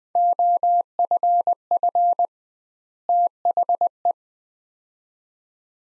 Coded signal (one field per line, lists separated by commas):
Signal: Morse code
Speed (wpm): 20 wpm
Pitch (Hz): 700 Hz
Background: none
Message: OFF THE